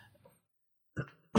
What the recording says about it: I'm going to cough through this whole podcast.